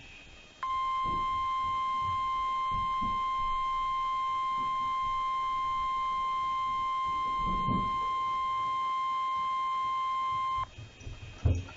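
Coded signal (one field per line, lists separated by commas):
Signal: Emergency Alert System (SAME) tones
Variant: 1050 Hz attention tone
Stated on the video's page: Received off NOAA weather radio transmitter during a severe weather event at Meridian, Mississippi.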